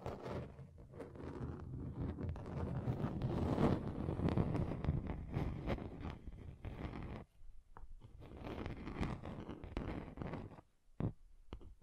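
Scratching on a table surface, a dense, rough rasping that swells and thickens toward the four-second mark and carries on unevenly until about seven seconds. After a brief pause the scraping resumes in shorter, choppier strokes, with one sharp isolated scrape near eleven seconds.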